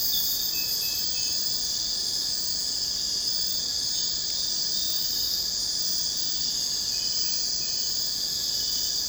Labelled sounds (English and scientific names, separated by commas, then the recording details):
none
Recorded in secondary vegetation near Puerto Asís, Putumayo, Colombia, on 29 June 2025 at 03:30
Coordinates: 0.484, -76.319
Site G074